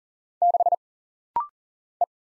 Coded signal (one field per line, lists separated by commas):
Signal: Morse code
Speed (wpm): 40 wpm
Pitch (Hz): 700 Hz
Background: none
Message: 6 E